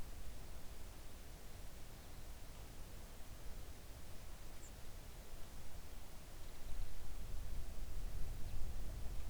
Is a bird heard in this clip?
yes